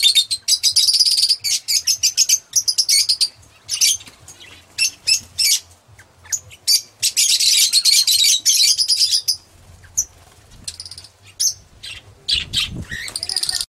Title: Kicau Kacer